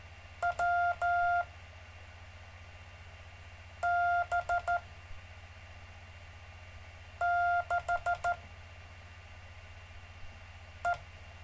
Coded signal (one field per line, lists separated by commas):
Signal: Morse code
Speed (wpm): 14 wpm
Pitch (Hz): 700 Hz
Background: none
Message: WB6E